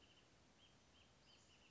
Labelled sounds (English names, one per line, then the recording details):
Wrentit
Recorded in Sonoma County, California